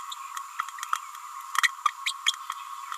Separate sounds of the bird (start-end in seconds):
1.85-1.89, 2.06-2.14